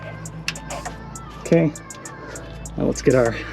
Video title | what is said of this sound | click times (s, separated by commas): Tundra 5.7 Power Steering pump replacement (how to install remanufactured pump) | Make sure it snaps into place. | 0.5 s